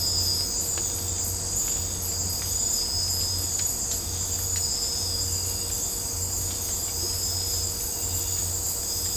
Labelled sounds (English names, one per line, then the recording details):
none
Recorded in dense forest near Puerto Asís, Putumayo, Colombia, on 26 December 2024 at 04:00
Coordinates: 0.503, -76.323
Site G043